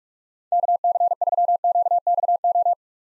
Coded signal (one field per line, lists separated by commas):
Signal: Morse code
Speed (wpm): 41 wpm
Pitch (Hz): 700 Hz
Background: none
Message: KC3QXO